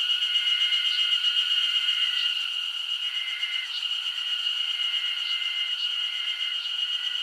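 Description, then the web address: Summer insects droning together, a continuous shrill tone layered with repeated short trills and faint clicks. Japanese summer insect ambience. "Sound Effects-Foundation 1 AMBIENCE JAPANESE SUMMER INSECTS 01"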